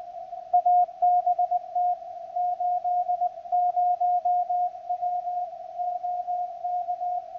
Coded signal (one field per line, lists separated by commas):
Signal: Morse code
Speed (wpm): 20 wpm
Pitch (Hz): 720 Hz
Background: none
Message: ABT 80W OK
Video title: Cross Country Wireless Sentinel 2 receiver using Sentinel SDR software